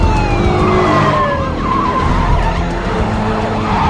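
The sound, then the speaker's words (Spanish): Cars on an airfield rumble in loudly, following a jet into a hangar, and brake hard to stop around the plane, their tires squealing in long, falling whines over a steady low engine roar, with no voices. “Los coches se acercan.”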